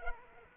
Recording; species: mosquito wingbeat signal from an infrared sensor; Aedes aegypti